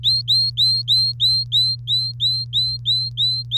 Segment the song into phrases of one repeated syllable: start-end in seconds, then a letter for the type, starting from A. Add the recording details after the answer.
0.03-3.57 A. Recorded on 3 May 2018 at 05:39. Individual llb3